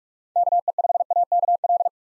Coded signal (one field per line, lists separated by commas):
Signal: Morse code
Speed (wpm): 46 wpm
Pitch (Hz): 700 Hz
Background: none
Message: KE5AKL